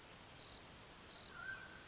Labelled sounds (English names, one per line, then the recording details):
Mountain Quail
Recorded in Sonoma County, California